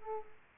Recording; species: mosquito wingbeat signal from an infrared sensor; Aedes aegypti